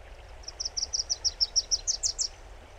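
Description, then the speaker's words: Wilson's Warbler song: a quick run of about a dozen high, sharp chips that climb slightly in pitch toward the end, over a soft background hiss. Singing in a riparian wet meadow on the west side of Rocky Mountain National Park, Colorado, in the morning chorus of spring or summer; quick, repetitive, two-parted song. "Here's a Wilson's warbler singing."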